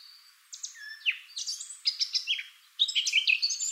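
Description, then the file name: Eurasian blackcap song: a thin opening note, then scratchy, rapid warbled phrases over a steady hiss of background noise. "Sylvia atricapilla"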